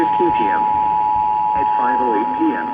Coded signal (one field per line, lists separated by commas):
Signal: Emergency Alert System (SAME) tones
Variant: 853 and 960 Hz attention tone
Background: speech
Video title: EAS/NWR Alert or message #1150-1151: Severe Thunderstorm Warning #71